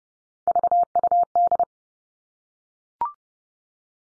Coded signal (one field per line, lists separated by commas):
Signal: Morse code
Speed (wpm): 30 wpm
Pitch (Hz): 700 Hz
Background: none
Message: VUD